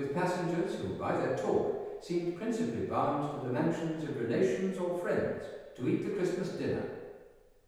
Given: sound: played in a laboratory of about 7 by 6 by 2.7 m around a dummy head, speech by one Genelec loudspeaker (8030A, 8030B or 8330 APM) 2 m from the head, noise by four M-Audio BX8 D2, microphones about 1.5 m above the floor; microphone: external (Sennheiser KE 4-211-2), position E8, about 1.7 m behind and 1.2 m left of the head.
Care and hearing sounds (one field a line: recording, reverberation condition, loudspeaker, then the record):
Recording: male speech in English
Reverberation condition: high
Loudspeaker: 30 degrees to the left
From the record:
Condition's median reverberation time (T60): about 1300 ms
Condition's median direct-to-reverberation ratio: about -4.0 dB